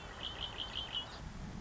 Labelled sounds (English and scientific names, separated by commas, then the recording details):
Red-winged Blackbird (Agelaius phoeniceus)
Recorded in Sonoma County, California